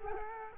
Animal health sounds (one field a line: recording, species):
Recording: mosquito wingbeat signal from an infrared sensor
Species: Culex quinquefasciatus